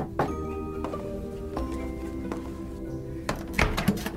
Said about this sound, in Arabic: دق الباب.